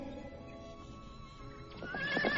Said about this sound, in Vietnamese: Nhà vua nghe được tiếng khóc, vội vã thúc ngựa chạy đến.